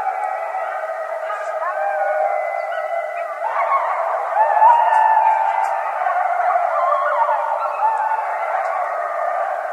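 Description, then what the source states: Several coyotes howling together in a dense, continuous chorus of warbling, sliding howls and yips, swelling louder around the middle. Several coyotes, recorded 21 January 2012.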